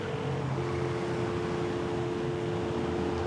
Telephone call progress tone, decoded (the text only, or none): dial tone